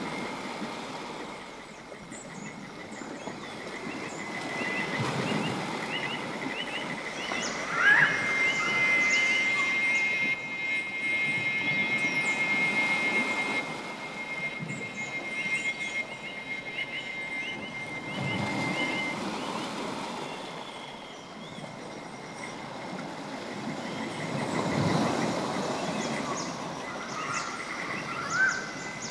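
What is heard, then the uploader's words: Outdoor jungle ambience with a constant hiss of insects and a low, rolling rumble that swells and fades, loudest around 5, 18 and 25 seconds, like a vehicle or aircraft. At about 8 seconds a thin, steady high whine begins and holds for several seconds. Alba – Tempesta – Notturno is a sound montage created with a selection of field recordings from the jungles of South America.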